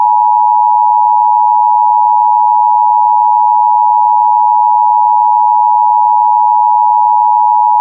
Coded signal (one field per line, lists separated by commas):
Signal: Emergency Alert System (SAME) tones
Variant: 853 and 960 Hz attention tone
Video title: JOHN PORK EAS MOCK